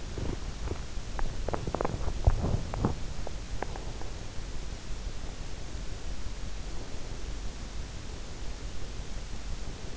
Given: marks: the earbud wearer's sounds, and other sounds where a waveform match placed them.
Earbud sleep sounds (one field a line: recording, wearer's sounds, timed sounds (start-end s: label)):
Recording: sounds in sleep by an in-ear microphone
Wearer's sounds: teeth grinding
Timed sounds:
0.00-0.80 s: teeth grinding
1.37-4.01 s: teeth grinding